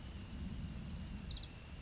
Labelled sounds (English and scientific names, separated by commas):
Orange-crowned Warbler (Leiothlypis celata)